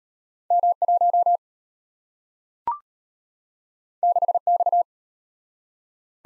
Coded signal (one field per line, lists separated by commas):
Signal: Morse code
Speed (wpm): 34 wpm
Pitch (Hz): 700 Hz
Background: none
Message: M1 6X